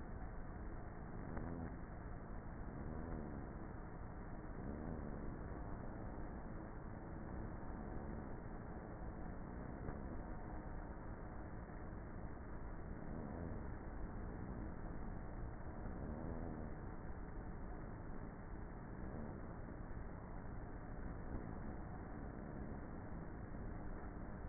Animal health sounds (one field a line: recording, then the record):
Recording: honeybee colony, microphone inside the hive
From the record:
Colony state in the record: queenless with a low population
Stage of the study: before two queens were removed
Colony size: about 30,000 bees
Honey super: no